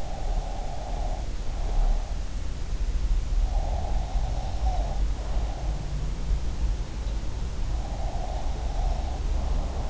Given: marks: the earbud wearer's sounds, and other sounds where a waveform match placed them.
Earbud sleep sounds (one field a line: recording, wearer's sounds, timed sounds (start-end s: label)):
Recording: sounds in sleep by an in-ear microphone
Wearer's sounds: breath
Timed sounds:
0.00-2.32 s: breath
3.55-5.94 s: breath
7.69-9.50 s: breath